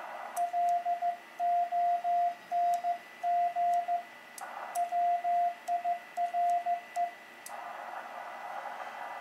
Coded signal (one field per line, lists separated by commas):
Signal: Morse code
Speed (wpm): 15 wpm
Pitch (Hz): 700 Hz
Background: radio noise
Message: LONG WIRE